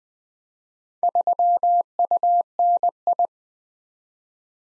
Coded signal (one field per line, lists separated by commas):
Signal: Morse code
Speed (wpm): 20 wpm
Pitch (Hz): 700 Hz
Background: none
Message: 3UNI